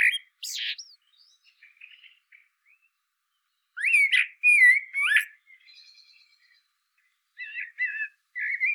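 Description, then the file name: Eurasian blackbird song with a high squeaky opening, quiet chatter, loud fluty rising phrases, and a final run of short repeated notes. "Turdus merula"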